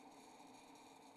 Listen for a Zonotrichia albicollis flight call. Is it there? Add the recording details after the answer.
no. No flight call is heard. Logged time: 01:33 on 28 November 2014